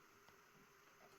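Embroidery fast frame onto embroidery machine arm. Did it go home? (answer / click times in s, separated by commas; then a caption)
no / none. Someone works the second side of a Durkee fast frame onto the embroidery arm of a Brother PR1055X embroidery machine, but it fails to snap in. Only a steady broadband hiss with a faint hum and a few soft, faint handling sounds are heard, and the second side has not snapped in yet.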